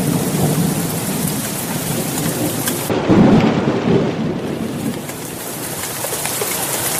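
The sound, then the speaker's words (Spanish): A thunderstorm with a heavy downpour: dense, steady rain hisses throughout while a deep rumble of thunder swells in the middle and fades. A few faint bird calls are scattered through it. “Se pronunció el aguacero.”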